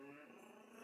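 A soft, steady, tonal moan with a faint growly edge runs through the whole short snippet, without a clear breath-by-breath break. It is a sleeping dog snoring, with an eerie, ghost-like moaning quality.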